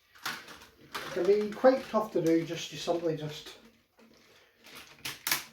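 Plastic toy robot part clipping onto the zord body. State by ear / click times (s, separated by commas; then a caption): seated / 5.1 s, 5.3 s. Someone talks while pushing a plastic toy zord piece onto its two clips on the zord body, a fit that can be quite tough to do. After a pause, sharp clicks sound at 5.1 and 5.3 seconds as the part snaps into place and seats.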